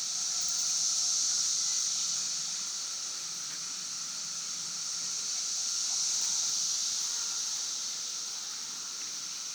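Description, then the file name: Cicadas droning in a high, unbroken, hissing chorus that rises and falls in two slow waves of loudness. Several cicadas recorded at Broken Rock Falls on 11 June 2016 at 5:12 pm. "Cicadas at Broken Rock Falls 2016-06-11 512 pm"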